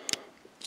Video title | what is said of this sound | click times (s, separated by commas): Prime Wars Trilogy Deluxe Class Blast Off | it down and it will come down on this double hinge and sort of lock into place there albeit softly | 0.1 s